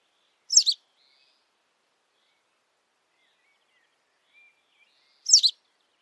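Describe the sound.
Bird calls twice with a short, sharp, high double chirp, about five seconds apart, with near silence between.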